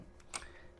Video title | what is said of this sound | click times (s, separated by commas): Intro to Pen Turning | And that locks in place. So, now it's a pressure fitting. | 0.4 s